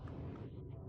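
The square spindle's spring buckle is pressed up as the spindle is handled toward the body of an NKLK510/530 smart lock, producing low, steady rumbling handling noise with a faint brief tick near 0.1 s. Nothing has seated or clicked yet; the spindle is not yet locked into the lock body.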